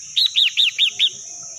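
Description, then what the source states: Red-whiskered bulbul song: five bright arched chirps in a rapid even run, with a constant thin high-pitched whine behind. Wild bird singing in the wild forest style, called 'giọng rừng'.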